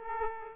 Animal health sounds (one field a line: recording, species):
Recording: mosquito wingbeat signal from an infrared sensor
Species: Aedes aegypti